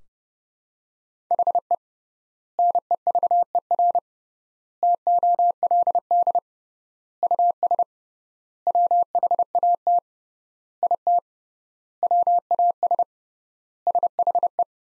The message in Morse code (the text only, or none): HE NEVER TOLD US WHAT IT WAS SHE